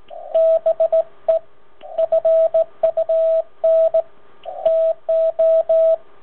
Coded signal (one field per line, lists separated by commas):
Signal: Morse code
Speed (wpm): 16 wpm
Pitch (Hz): 650 Hz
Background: radio noise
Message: BE FUN TO